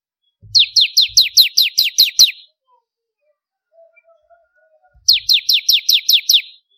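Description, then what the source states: Bar-winged prinia song: two bursts of eight to ten sharp, high, downslurred chips in quick succession, separated by a pause, with faint low thumps. Kristal (crystal) type of ciblek, the bar-winged prinia.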